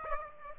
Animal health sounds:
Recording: mosquito wingbeat signal from an infrared sensor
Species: Aedes aegypti

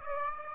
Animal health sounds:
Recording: mosquito wingbeat signal from an infrared sensor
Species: Aedes aegypti

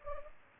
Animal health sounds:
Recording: mosquito wingbeat signal from an infrared sensor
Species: Culex pipiens

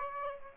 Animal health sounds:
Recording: mosquito wingbeat signal from an infrared sensor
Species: Aedes aegypti

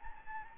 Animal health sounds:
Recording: mosquito wingbeat signal from an infrared sensor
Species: Anopheles gambiae

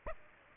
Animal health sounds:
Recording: mosquito wingbeat signal from an infrared sensor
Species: Aedes aegypti

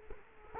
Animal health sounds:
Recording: mosquito wingbeat signal from an infrared sensor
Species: Culex quinquefasciatus

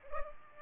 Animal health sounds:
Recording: mosquito wingbeat signal from an infrared sensor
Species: Culex pipiens

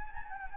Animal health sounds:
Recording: mosquito wingbeat signal from an infrared sensor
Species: Anopheles gambiae

